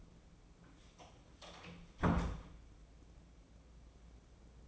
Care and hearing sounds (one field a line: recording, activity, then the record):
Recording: daily activity, microphone in the room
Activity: close door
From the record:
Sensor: 1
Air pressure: 1012.3 hPa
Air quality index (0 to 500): 164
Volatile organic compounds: 3 ppm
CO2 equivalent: 1344 ppm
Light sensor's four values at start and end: 834/1828/848/980 and 841/1842/855/986